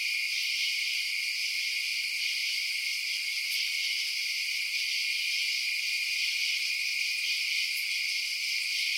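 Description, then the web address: Insects keep up a constant high buzzing and trilling chorus, broken only by two short faint ticks. Night insect ambience outdoors at night. "Blast Wave Night Insects ambience-night-insects"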